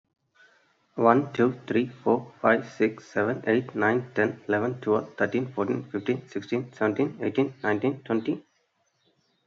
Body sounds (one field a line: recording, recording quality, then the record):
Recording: counting at a fast pace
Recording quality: excellent, no background noise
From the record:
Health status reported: healthy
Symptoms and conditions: none ticked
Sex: male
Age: 35 years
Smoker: not ticked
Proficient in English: yes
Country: India